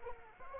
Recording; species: mosquito wingbeat signal from an infrared sensor; Anopheles arabiensis